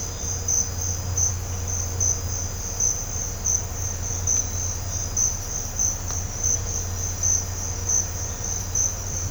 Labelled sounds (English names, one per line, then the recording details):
none
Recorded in pastures near Puerto Asís, Putumayo, Colombia, on 21 December 2024 at 06:30
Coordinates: 0.502, -76.324
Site G077